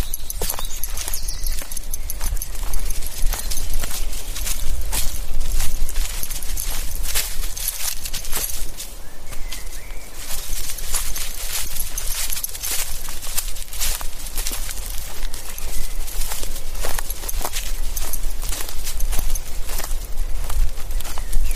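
An evening walk through the woods with a dog. Crunching, scuffing footsteps continue throughout, a dense, fairly regular stream of sharp clicks and snaps, over a constant bright hiss and a low rumble.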